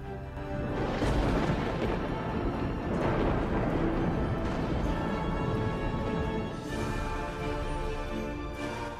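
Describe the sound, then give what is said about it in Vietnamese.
A loud, sustained thunderous roar, like a lightning strike's thunderclap, rumbling continuously for several seconds with repeated heavy surges and a dense, crackling low-end texture, no voices. “Lưỡi tầm sét kết hợp với lôi phủ, từ trên bầu trời một tia sét giáng thẳng xuống lưỡi tầm sét, đánh đùng một cái.”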